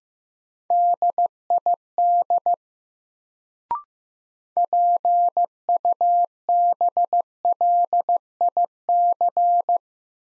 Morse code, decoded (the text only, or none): DID PUBLIC